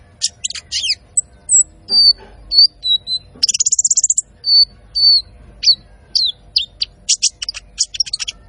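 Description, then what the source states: Van Hasselt's sunbird song with sharp high chips, short whistled slurs and a quick buzzy trill, delivered in an uneven stream of bursts. Masteran used to train cage birds and as a lure; full fill-ins and shots, energetic singing.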